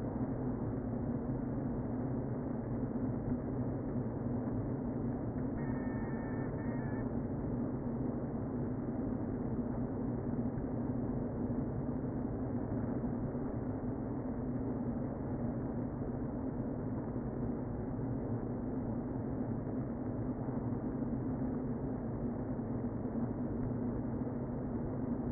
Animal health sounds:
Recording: honeybee colony, microphone inside the hive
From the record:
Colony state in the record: queen present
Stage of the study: before two queens were removed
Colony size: about 60,000 bees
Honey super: yes

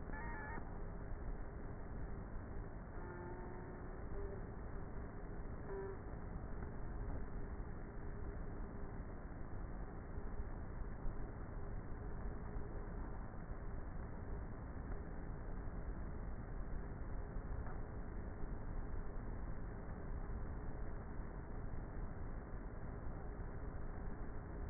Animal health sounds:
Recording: honeybee colony, microphone inside the hive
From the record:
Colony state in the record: queenless with a low population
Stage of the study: before two queens were removed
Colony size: about 30,000 bees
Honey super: no

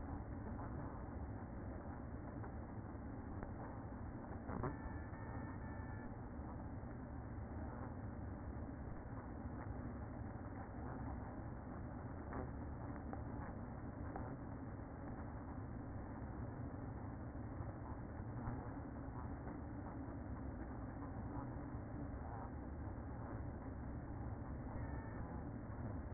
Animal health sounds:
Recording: honeybee colony, microphone inside the hive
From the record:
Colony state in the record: queen present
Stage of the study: after two queens were removed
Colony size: about 60,000 bees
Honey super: yes

